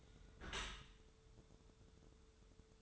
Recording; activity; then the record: daily activity, microphone in the room; close dishwasher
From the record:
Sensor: 3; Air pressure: 1015.0 hPa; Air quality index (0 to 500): 32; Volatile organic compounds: 1 ppm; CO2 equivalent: 546 ppm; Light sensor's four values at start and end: 11/26/11/11 and 11/26/11/11